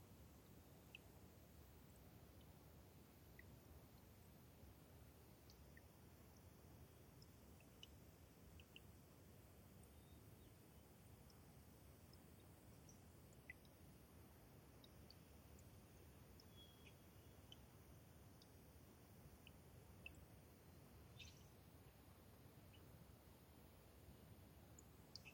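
Water drains steadily through a wet subalpine meadow, a soft continuous murmur weighted toward the low end that barely changes over the whole stretch. Faint, scattered high ticks and tinkles break through now and then, with a slightly brighter one just past twenty seconds.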